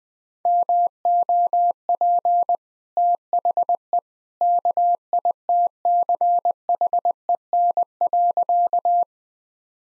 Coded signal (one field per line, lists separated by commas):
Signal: Morse code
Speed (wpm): 21 wpm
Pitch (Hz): 700 Hz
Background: none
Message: MOP THE KITCHEN.